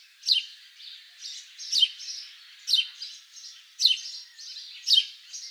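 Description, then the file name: House sparrow giving repeated loud downslurred chirps, each followed by softer scratchy notes. "Passer domesticus"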